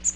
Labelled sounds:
Magnolia Warbler flight call

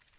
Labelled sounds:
Black-throated Green Warbler flight call

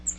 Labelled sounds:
Cape May Warbler flight call

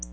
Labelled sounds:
Black-throated Blue Warbler flight call

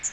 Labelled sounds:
Magnolia Warbler flight call

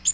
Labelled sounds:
Bay-breasted Warbler flight call

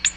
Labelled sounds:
Ovenbird flight call

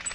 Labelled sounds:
Black-throated Green Warbler flight call

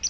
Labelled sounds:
Palm Warbler flight call

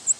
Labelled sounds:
American Redstart flight call

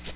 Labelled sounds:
Magnolia Warbler flight call

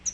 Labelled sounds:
Pine Warbler flight call

